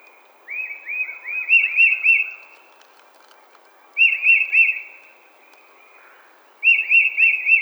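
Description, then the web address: Tufted titmouse giving three runs of quick repeated clear whistled notes, separated by pauses of one to two seconds. Recorded 20 March 2007. "Tufted Titmouse 2007 03 20"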